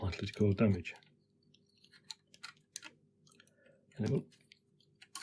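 Someone talks, then a replacement fan is pushed onto its mount in an NVidia graphics card cooler shroud with faint clicks and handling noises. A sharp, loud snap at 5.2 s marks the fan seating into place.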